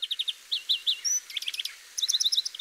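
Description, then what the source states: European greenfinch song: quick high twittering chirps and trills, a brief whistle, then faster twittering phrases. Played recording; frequent visitor to bird tables and garden feeders; in massive decline, partly due to a disease caught via bird tables and feeders.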